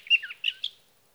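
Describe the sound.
Sage thrasher song, three quick clusters of rich warbled notes tumbling together, then silence.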